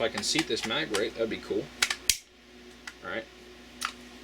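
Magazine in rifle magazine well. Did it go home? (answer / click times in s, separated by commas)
partly / 3.9 s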